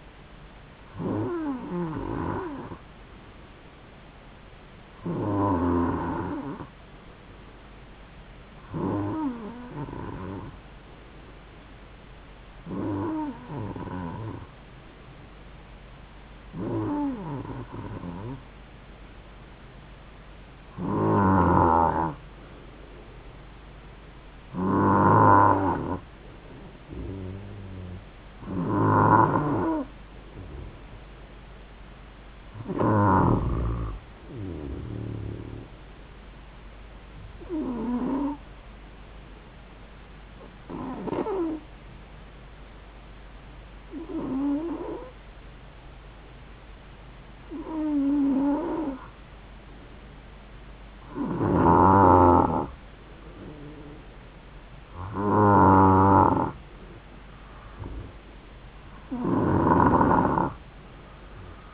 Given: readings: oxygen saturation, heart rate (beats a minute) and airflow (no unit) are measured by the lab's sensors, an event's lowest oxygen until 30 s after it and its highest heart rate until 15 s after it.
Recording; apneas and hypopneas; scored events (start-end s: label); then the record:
breathing in sleep by a voice recorder at the bedside; 1
41.00-55.50 s: hypopnea (N2, oxygen 94% highest, then 91% lowest, heart rate 71 at the start, 73 highest)
From the record:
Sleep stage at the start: N2 (light sleep); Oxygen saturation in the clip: 92 to 94%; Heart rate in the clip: 66 to 74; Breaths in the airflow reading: 16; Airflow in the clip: -4.7 to 6.4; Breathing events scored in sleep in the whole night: 270 in 6.1 hours asleep